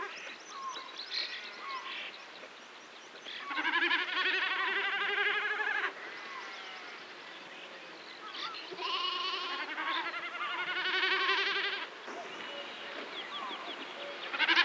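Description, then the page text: Common snipe drumming, a throbbing, bleating hum of rapid pulses in two loud bouts, with softer sounds between them. "Common Snipe Drum. Quick Sounds"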